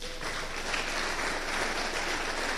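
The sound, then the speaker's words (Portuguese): An audience gives a round of applause to the Lord Jesus, a dense, steady wash of clapping hands that holds at an even, fairly loud level throughout, with no voices standing out. “Uma salva de palmas ao Senhor Jesus.”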